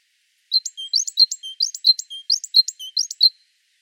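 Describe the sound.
Great tit giving a quick run of bright, ringing notes, high chips alternating with short lower whistles, several rhythmic phrases in about three seconds.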